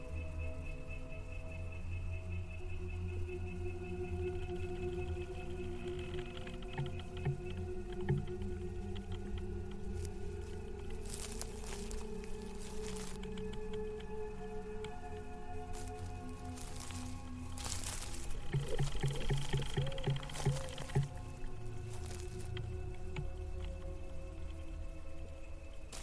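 A ghostly, eerie soundscape with long sustained moaning tones that slowly waver and drift over a steady low drone. Sharp crackling bursts break in around 11 to 13 seconds and again from 16 to 22 seconds, where the sound grows louder and more agitated.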